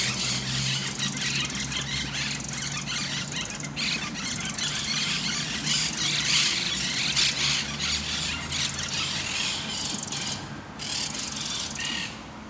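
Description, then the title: Parakeet flock screeching almost without pause, a dense wash of shrill, rasping calls over a low droning hum. Parc de Forest, Saint-Gilles, Belgium; recorded with Sony PCM-D100 internal microphones in wide position. "Parc de Forest, 1060 Saint-Gilles, Belgique - Parakeets - Perruches"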